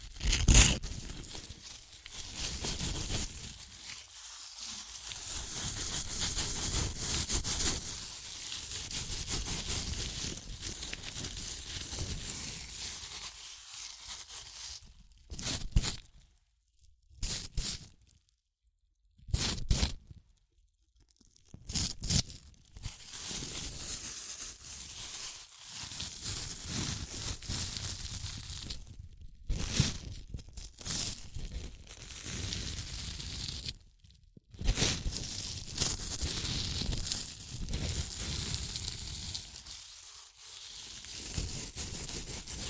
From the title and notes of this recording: ASMR Satisfying Chips Crunchy Crushing & Eating Sounds (No Talking).